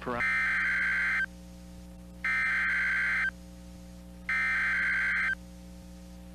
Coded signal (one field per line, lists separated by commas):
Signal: Emergency Alert System (SAME) tones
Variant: header bursts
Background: speech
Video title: EAS #1: Late Evening Severe Weather [Illinois, 09/18/2022]